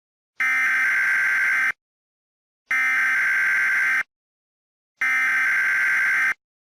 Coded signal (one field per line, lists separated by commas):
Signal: Emergency Alert System (SAME) tones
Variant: header bursts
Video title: EAS